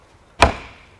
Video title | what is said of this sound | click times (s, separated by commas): i30N Hatch PDE V6 FL2 2025 Rear Diffuser/ Spats Install | L2 Clicks in | 0.4 s